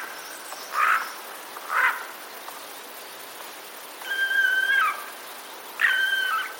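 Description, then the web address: Eurasian jay: two short harsh rasps, then a long level whistled tone and a shorter similar tone. Alarm calls, recorded 26 September 2021. "wroblowe ostrzegator sojka 26 09 2021"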